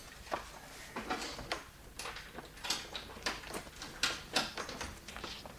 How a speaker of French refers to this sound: Une petite fouille s'impose, discrète et à huis clos. Alors, fermons la porte.